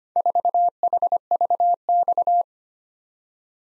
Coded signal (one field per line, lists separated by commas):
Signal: Morse code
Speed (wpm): 25 wpm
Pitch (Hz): 700 Hz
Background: none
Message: 4HVX